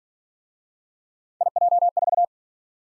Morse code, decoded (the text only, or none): IJ4